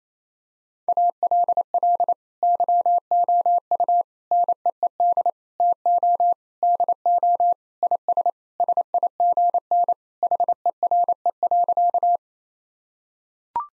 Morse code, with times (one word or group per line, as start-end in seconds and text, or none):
0.9-2.1 ALL
2.4-4.0 YOU
4.3-5.3 NEED
5.6-6.3 TO
6.6-7.5 DO
7.8-8.3 IS
8.6-9.9 SIGN
10.2-12.2 HERE.